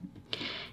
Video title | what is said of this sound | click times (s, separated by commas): Relaxing Full Build of LEGO The Lord of the Rings: Balrog ™ Book Nook | Should make a little click or it'll slide out real easy. | 0.3 s